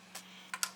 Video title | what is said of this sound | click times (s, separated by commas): In-Depth DIY Vanity - Dimmer+On/Off Switch & Face Plug - $300 or less | and then it pops right in there | 0.6 s